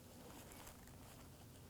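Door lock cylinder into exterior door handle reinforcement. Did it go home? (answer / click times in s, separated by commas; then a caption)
no / none. A door lock cylinder is handled as it is moved from an old front exterior door handle reinforcement to a new one on a 2008-2011 Ford Focus. Only low, steady handling noise is heard, with a faint brief tick near 0.9 s. Nothing has seated or clicked yet.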